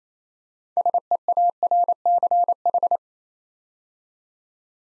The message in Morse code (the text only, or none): SEARCH